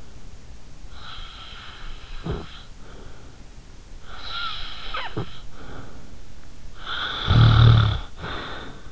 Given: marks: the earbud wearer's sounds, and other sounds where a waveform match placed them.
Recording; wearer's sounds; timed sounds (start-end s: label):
sounds in sleep by an in-ear microphone; snoring breath
0.98-3.39 s: snoring breath
4.08-6.03 s: snoring breath
6.72-8.92 s: snoring breath